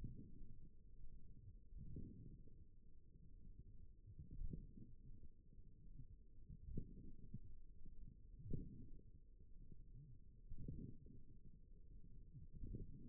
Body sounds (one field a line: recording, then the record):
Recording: forearm muscle sounds (acoustic myography)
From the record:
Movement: forearm supination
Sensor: system 1, eight BSWA MPA416 microphones around the upper forearm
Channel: 4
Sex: female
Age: 21 years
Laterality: right